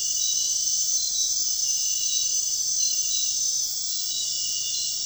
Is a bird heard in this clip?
no